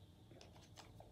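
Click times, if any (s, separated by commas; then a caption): none. The top half of the housing of a breathing-exercise device is handled over its base during reassembly, and a few faint, short handling ticks sound against a low steady hum. Nothing has seated or clicked yet; the top half is not yet home on the base.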